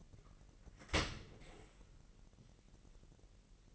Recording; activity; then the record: daily activity, microphone in the room; open dishwasher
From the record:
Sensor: 4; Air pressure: 1001.3 hPa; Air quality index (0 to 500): 248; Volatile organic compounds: 45 ppm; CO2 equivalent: 3229 ppm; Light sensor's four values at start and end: 8/17/7/6 and 8/17/7/6